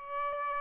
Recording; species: mosquito wingbeat signal from an infrared sensor; Aedes albopictus